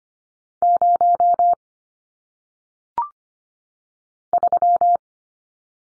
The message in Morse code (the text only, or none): 0 3